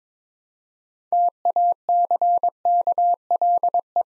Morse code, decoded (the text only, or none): TACKLE